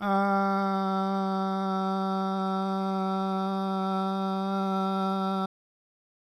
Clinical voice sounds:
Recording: sustained vowel /a/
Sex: male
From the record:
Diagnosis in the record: Parkinson's disease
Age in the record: 71 years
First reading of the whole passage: 60 s, 8.7 characters per second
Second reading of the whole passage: 57 s, 9.1 characters per second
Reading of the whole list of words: 54 s, 5.3 characters per second

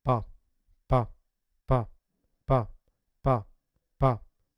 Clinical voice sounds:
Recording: repeated syllable /pa/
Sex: male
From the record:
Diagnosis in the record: Parkinson's disease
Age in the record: 50 years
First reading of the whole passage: 72 s, 7.2 characters per second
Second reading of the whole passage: 54 s, 9.6 characters per second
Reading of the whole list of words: 40 s, 7.1 characters per second

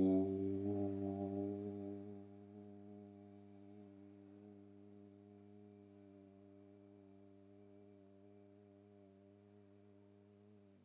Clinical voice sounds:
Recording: sustained vowel /u/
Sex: male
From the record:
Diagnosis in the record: healthy control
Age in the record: 76 years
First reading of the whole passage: 56 s, 9.2 characters per second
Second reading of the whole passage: 53 s, 9.7 characters per second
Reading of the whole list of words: 49 s, 5.7 characters per second

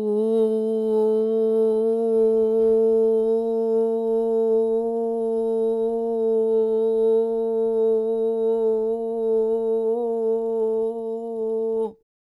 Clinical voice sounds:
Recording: sustained vowel /u/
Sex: female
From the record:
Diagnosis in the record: Parkinson's disease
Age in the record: 40 years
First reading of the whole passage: 61 s, 7.8 characters per second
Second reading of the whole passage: 52 s, 9.9 characters per second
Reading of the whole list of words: 55 s, 5.1 characters per second

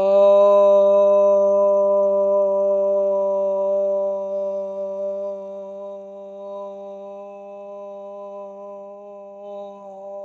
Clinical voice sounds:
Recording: sustained vowel /o/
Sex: female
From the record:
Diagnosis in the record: healthy control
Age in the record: 69 years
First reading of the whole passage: 57 s, 9.1 characters per second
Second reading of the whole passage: 50 s, 10.4 characters per second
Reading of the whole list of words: 47 s, 6.0 characters per second

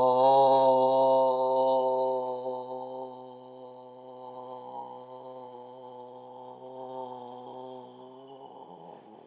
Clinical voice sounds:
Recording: sustained vowel /o/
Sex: male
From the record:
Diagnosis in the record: healthy control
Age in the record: 77 years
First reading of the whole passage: 68 s, 7.6 characters per second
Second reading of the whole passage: 60 s, 8.3 characters per second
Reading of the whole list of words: 67 s, 4.2 characters per second

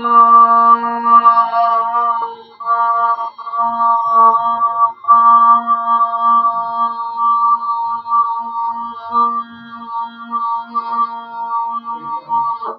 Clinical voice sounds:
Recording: sustained vowel /o/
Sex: female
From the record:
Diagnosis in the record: Parkinson's disease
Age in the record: 63 years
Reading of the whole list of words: 61 s, 4.6 characters per second

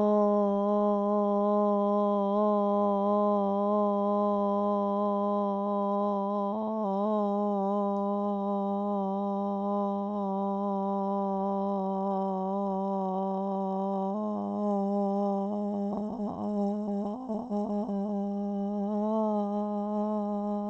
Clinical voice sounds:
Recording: sustained vowel /o/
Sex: female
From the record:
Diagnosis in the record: Parkinson's disease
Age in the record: 67 years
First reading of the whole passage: 79 s, 6.5 characters per second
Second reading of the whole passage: 74 s, 7.0 characters per second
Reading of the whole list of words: 72 s, 3.9 characters per second

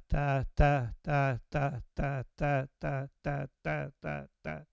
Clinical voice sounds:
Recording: repeated syllable /ta/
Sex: male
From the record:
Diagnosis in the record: Parkinson's disease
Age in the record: 70 years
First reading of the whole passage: 112 s, 4.6 characters per second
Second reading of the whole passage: 107 s, 4.9 characters per second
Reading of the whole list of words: 68 s, 4.1 characters per second

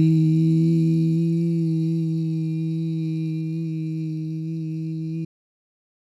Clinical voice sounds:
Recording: sustained vowel /i/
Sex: male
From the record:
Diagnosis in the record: Parkinson's disease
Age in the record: 56 years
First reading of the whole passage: 87 s, 6.0 characters per second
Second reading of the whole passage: 67 s, 7.8 characters per second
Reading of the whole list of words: 59 s, 4.8 characters per second

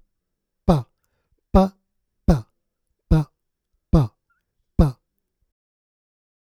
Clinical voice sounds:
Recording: repeated syllable /pa/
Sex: male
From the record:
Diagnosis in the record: Parkinson's disease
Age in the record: 77 years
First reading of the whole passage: 65 s, 8.0 characters per second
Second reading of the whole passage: 61 s, 8.5 characters per second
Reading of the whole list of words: 50 s, 5.6 characters per second

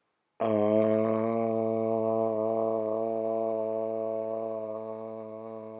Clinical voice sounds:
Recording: sustained vowel /a/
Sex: male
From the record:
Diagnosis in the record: healthy control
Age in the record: 68 years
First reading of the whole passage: 59 s, 8.7 characters per second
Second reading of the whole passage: 51 s, 9.9 characters per second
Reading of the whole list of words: 42 s, 6.7 characters per second

